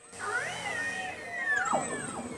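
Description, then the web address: Beluga whale whistles, a rising then falling squeal followed by a sharp downward-sweeping whistle, over a soft background hiss. Wild belugas, called canaries of the sea. "soundswild belugas"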